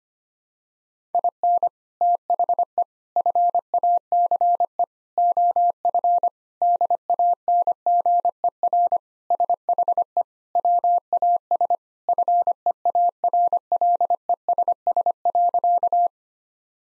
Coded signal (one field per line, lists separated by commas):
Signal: Morse code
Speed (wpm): 25 wpm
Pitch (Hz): 700 Hz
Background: none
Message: IN THE FACE OF DANGER SHE WAS FEARLESS.